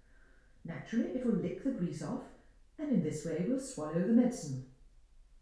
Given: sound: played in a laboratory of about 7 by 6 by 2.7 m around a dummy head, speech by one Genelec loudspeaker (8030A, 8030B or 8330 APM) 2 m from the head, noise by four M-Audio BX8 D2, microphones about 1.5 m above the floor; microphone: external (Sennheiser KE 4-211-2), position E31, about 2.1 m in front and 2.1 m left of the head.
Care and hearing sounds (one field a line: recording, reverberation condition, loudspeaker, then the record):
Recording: female speech in English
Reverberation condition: medium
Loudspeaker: 30 degrees to the left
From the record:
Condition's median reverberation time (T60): about 510 ms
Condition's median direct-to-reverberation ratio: about -0.5 dB